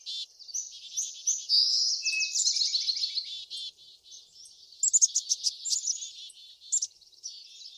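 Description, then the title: Birdsong, dense high twittering and trilled phrases, rapid notes running together. Backyard bird sounds. "Backyard Birds - Ambient Nature Bird Sounds"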